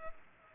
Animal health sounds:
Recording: mosquito wingbeat signal from an infrared sensor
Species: Culex pipiens

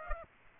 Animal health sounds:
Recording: mosquito wingbeat signal from an infrared sensor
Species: Aedes aegypti

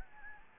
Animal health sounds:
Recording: mosquito wingbeat signal from an infrared sensor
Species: Anopheles gambiae

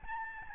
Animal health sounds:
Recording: mosquito wingbeat signal from an infrared sensor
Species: Aedes albopictus

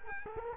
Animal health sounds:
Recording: mosquito wingbeat signal from an infrared sensor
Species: Culex quinquefasciatus

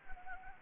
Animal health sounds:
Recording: mosquito wingbeat signal from an infrared sensor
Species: Anopheles gambiae

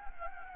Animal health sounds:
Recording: mosquito wingbeat signal from an infrared sensor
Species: Anopheles gambiae

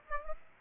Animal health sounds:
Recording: mosquito wingbeat signal from an infrared sensor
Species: Aedes aegypti

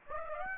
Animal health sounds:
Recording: mosquito wingbeat signal from an infrared sensor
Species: Aedes aegypti

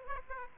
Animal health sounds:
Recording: mosquito wingbeat signal from an infrared sensor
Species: Aedes aegypti

